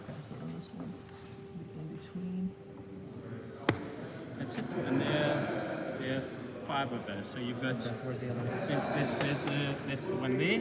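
A piece of seat upholstery trim on a Bentley car seat frame is lined up between the retaining clip and pushed in by hand while someone talks. A sharp, loud click sounds at 3.7 s. The trim clip is pushed home and seated, and this is confirmed.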